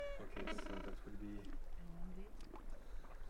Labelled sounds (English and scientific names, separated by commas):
Gentoo Penguin (Pygoscelis papua) call